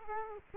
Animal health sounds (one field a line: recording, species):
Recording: mosquito wingbeat signal from an infrared sensor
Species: Culex quinquefasciatus